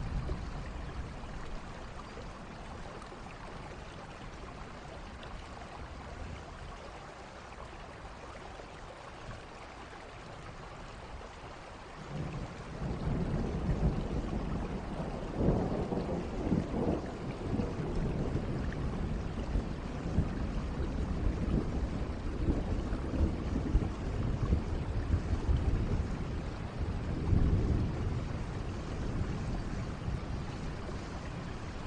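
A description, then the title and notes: Heavy rain pours in a dense, steady hiss, growing louder after about twelve seconds with low rumbling swells of thunder rolling through the second half. Thunder and Heavy Rainfall "Rain Sounds" Ambient Nature Sounds.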